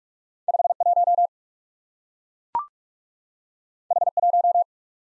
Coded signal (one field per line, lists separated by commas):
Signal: Morse code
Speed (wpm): 44 wpm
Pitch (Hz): 700 Hz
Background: none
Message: 51 H1